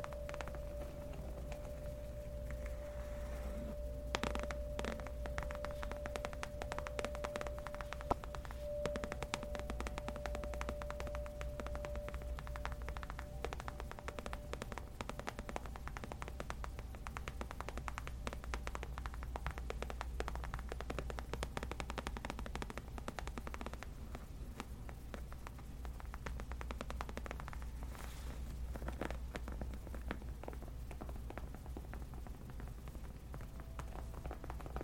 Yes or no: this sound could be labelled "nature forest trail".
no